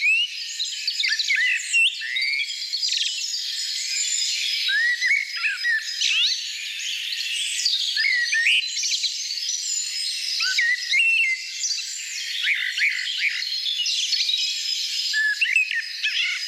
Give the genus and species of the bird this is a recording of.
Turdus merula